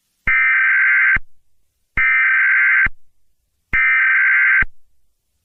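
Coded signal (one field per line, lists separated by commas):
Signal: Emergency Alert System (SAME) tones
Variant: header bursts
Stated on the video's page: Mock EAS Severe Thunderstorm Warning for a fictional place, a remake made with EAS Maker software.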